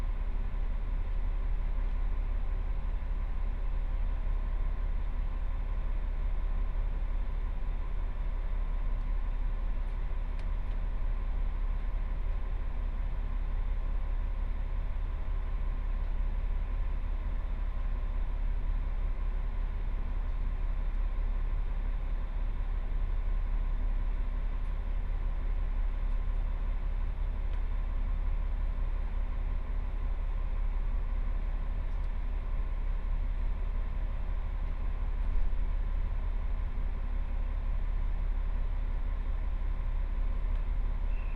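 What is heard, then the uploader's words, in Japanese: A two-car diesel railcar rolls along at an easy pace. A deep, steady engine rumble holds at the same level for the whole stretch, with faint humming tones above it and a few light clicks and knocks now and then. 耳で楽しむ鉄道旅 城端線 油田→城端。城端線の終点城端駅は山がすぐ近くまで迫ってきており、その先には五箇山が控えているいわゆる行き止まりらしさが残る駅です。昔ながらの塗装の気動車が2両のんびりと走っていきます。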